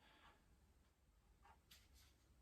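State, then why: Not seated. A snap-on wind cover, meant to cut wind-gust noise up to 20 km/h, is being handled and fitted onto a GoPro Hero 11 Black action camera. Quiet rustling and faint plastic handling noises are heard, with brief sharper taps around 1.5 s and 1.7 s. Nothing has seated or clicked yet; the cover is not yet home when the clip ends.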